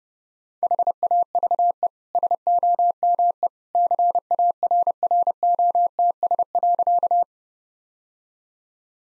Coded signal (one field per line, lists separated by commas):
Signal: Morse code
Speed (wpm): 32 wpm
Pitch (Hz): 700 Hz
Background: none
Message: HAVE SOME CARROTS.